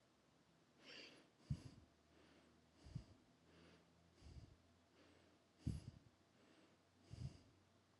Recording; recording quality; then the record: shallow breathing; excellent, no background noise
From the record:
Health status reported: healthy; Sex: female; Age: 28 years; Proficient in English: yes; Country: United States